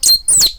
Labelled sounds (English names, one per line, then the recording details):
Stitchbird song
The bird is a male
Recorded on Tiritiri Matangi Island, New Zealand, in 2005
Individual 8, of nest box 10